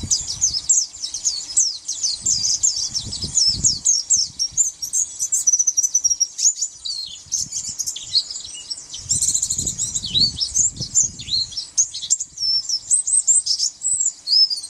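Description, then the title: White-eye song, a dense, continuous run of high, thin twittering and warbled notes, with soft low rumbling from about two to four and nine to twelve seconds. "Pleci"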